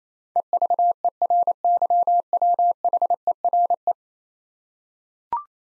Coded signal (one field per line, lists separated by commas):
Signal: Morse code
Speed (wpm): 28 wpm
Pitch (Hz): 700 Hz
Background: none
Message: EVERYWHERE